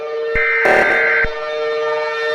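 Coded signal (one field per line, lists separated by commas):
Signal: Emergency Alert System (SAME) tones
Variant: header bursts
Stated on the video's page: Fictional EAS scenario.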